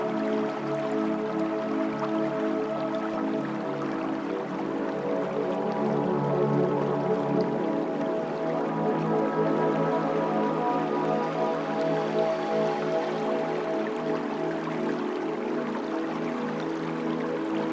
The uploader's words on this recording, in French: Au bord de la rivière. Musique de relaxation avec le son de l'eau d'une douce rivière qui coule.